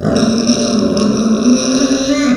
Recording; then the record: squeal of a Yucatan mini pig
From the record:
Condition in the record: after surgery on the right vocal fold (resection and tissue-engineered implant); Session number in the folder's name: 9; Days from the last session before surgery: 65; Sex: female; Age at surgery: 19 weeks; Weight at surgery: 25 kg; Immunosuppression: prednisolone